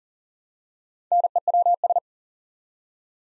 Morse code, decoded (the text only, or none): NEWS